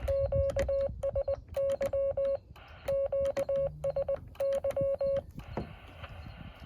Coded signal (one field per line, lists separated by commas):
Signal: Morse code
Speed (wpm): 20 wpm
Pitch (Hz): 550 Hz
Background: none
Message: QSY QSY